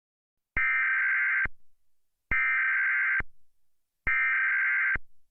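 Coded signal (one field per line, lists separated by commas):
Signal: Emergency Alert System (SAME) tones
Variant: header bursts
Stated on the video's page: Recreation of a real flash flood warning originally received on a NOAA Weather Radio.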